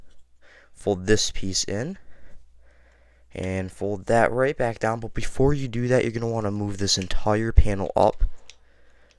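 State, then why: Not seated. Someone talks while handling a Transformers Legacy United Vector Prime action figure, folding pieces in and back down before moving a whole plastic panel up during its transformation. Brief handling sounds come between the words, but the panel has not yet clicked or locked into place.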